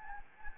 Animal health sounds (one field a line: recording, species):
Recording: mosquito wingbeat signal from an infrared sensor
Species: Anopheles gambiae